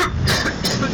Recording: coughing mixed with background sound